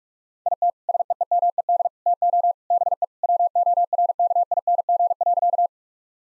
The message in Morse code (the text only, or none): IT SEEMED TO BE WORKING.